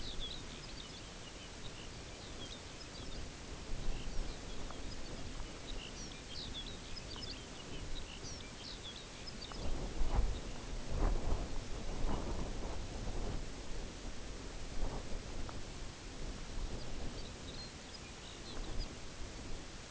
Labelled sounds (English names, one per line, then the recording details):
Lapland Longspur
unidentified sound
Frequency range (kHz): Lapland Longspur 1.6-6.5 kHz
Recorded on Arctic tundra, site UTQI-0, on 14 June 2019
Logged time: 14:00